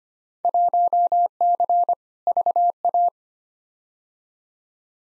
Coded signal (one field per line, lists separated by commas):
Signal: Morse code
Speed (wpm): 25 wpm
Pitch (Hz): 700 Hz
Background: none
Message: 1C VA